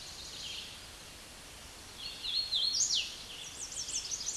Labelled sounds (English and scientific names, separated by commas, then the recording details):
Hooded Warbler (Setophaga citrina) song
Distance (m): 15 m
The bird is about 10 m above the microphone
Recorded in a Pennsylvania forest on 16 May 2024 at 08:38
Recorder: AudioMoth, point MSD-2181
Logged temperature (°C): 12.8 °C
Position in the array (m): 152 m, 104 m